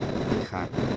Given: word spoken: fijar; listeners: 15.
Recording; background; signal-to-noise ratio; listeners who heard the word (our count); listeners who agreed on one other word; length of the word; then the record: one Spanish word in noise, from a listening test; noise modulated by three-talker babble; -6.8 dB; 0 of 15; 11 of 15; 0.56 s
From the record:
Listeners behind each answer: 11, 1, 1, 1, 1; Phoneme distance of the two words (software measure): 20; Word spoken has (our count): 2 syllables, 5 phonemes, stress on syllable 2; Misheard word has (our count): 2 syllables, 5 phonemes, stress on syllable 2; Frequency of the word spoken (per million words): 15.92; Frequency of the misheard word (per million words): 147.47